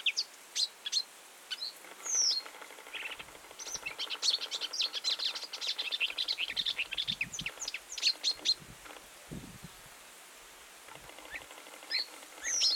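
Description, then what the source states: Marsh warbler song: a rapid, varied chatter of sharp high notes, trills and short whistles in bursts, with a pause of about three seconds before a few final whistled phrases. Recorded on 10 July 2019.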